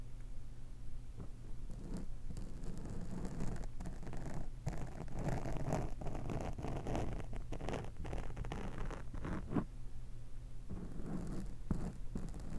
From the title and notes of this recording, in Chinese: 叉子/戳&抓。叉子 ASMR。